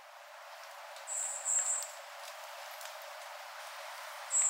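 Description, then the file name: Iriomote tit giving high, thin notes, a few in a short run, then a single note near the end, against faint background noise. Recorded on Ishigaki, 3 January 2023. "oriiyamagara ishigaki someyac"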